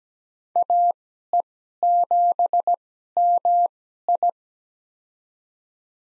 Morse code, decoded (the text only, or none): AE7MI